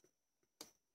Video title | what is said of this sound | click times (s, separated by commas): Transformers war for cybertron siege soundwave and cassettes | it clicks and then | 0.6 s